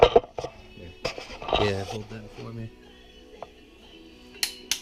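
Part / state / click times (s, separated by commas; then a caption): torque wrench on cylinder head bolts / torque reached / 4.4 s, 4.7 s. Someone talks while a torque wrench is pulled on the cylinder head bolts of a Civic engine during a head gasket repair, torqued in two rounds to 22 and then 49 ft-lb. Two sharp clicks at 4.4 s and 4.7 s show the wrench reaching its set torque, confirming the bolts are properly torqued.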